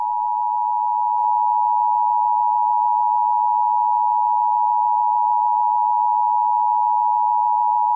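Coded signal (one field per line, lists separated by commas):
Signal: Emergency Alert System (SAME) tones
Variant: 853 and 960 Hz attention tone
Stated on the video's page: Fictional EAS scenario remake, a simulated cyberterror alert.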